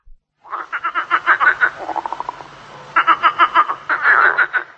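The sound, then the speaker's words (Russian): A starling mimics a frog's croak in several rapid, rattling bursts of pulsed, mid-pitched trills, separated by short pauses, with no one talking. “Ой, похоже. Ква-ква. Ну, скворец молодец.”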